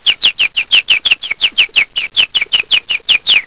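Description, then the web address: Bird chirping: a fast, steady series of sharp downslurred high chirps, roughly five per second, continuing throughout without pause. "特酷声音素材库 动物 鸟 Bird"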